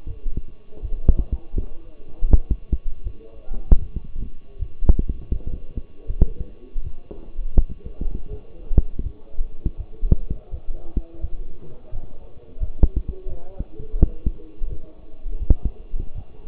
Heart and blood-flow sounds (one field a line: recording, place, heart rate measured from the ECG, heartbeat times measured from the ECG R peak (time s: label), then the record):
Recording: heart sounds by stethoscope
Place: between the tricuspid and mitral areas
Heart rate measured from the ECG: 82 bpm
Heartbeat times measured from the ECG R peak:
0.06 s: heartbeat
0.81 s: heartbeat
1.54 s: heartbeat
2.28 s: heartbeat
3.03 s: heartbeat
3.78 s: heartbeat
4.58 s: heartbeat
5.32 s: heartbeat
6.06 s: heartbeat
6.83 s: heartbeat
7.54 s: heartbeat
8.29 s: heartbeat
9.02 s: heartbeat
9.76 s: heartbeat
10.50 s: heartbeat
11.21 s: heartbeat
11.91 s: heartbeat
12.60 s: heartbeat
13.27 s: heartbeat
13.99 s: heartbeat
14.68 s: heartbeat
15.39 s: heartbeat
16.14 s: heartbeat
From the record:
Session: walking at 3.7 km/h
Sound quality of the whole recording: partially saturated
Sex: male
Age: 24 years